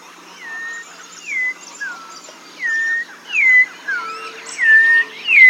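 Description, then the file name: Bird repeats short down-slurred whistles, some higher and some lower. "SABIOD 50 bird 2015"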